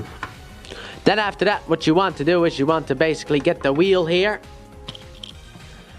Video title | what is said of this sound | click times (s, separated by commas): Transformers X Teenage Mutant Ninja Turtles Party Wallop Review 144 | gets it so that everything stays locked into place like so. | 0.2 s